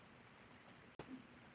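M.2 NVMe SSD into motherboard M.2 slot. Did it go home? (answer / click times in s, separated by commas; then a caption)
yes / 1.0 s. A 250 GB Samsung 980 M.2 NVMe SSD is inserted at a slight angle into the M.2 slot of a B550-Plus motherboard, and a single faint click at 1.0 s marks it seating into place. Before that there is only a steady low hiss. The drive is seated but lifts back up until it is screwed down.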